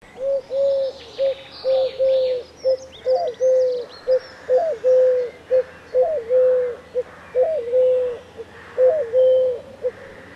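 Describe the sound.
Bird giving low, steady cooing notes in a quick series, some with a brief upward inflection, with faint chirps from other birds in the background.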